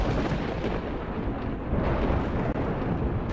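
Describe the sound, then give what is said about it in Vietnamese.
Heavy, continuous thunder from a lightning bolt striking a house roars at a loud, steady level for a few seconds, a dense low rumble mixed with crackling noise and no voices. “Cụ vừa dứt lời thì lại thêm một tia sét nữa giáng thẳng xuống nhà của ông.”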